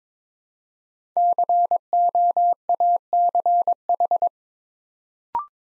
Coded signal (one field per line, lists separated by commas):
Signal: Morse code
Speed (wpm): 22 wpm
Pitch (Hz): 700 Hz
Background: none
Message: COACH